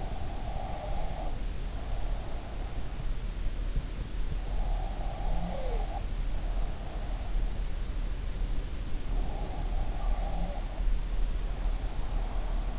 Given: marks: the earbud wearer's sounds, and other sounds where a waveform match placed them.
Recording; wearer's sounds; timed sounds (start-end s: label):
sounds in sleep by an in-ear microphone; breath
0.00-2.51 s: breath
4.52-7.21 s: breath
8.98-12.79 s: breath